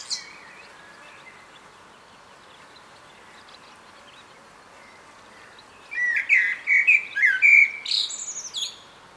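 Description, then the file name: Common blackbird: after about six seconds of quiet background, a single burst of quick fluty notes mixed with high squeaky twitters. "Turdus merula"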